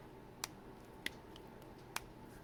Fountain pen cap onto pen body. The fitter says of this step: but it does have a really satisfying click.